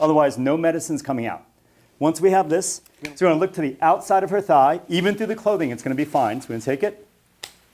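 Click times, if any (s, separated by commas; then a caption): 7.4 s. Someone talks while a plastic epinephrine auto-injector is pressed against the outer thigh of a person through clothing. The mechanism fires with a sharp click at 7.4 seconds.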